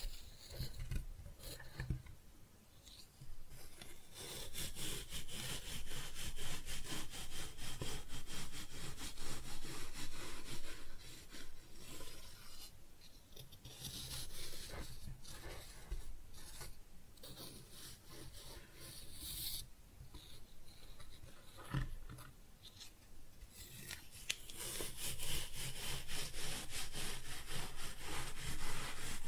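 Kinetic sand is cut and scooped in a continuous run of grainy, crumbly scraping and soft crunching. The strokes come quickly and densely, bright and hissy, with brief lulls around 4, 14 and 20 seconds before the cutting picks up again.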